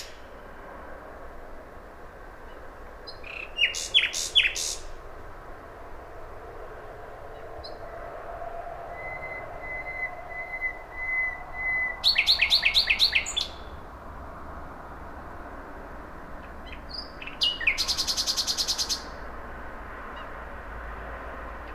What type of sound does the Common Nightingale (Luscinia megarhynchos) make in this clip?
song